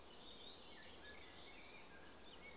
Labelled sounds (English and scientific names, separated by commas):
Common Blackbird (Turdus merula)